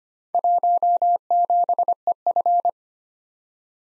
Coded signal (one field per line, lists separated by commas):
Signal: Morse code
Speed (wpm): 25 wpm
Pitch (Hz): 700 Hz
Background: none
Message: 17EF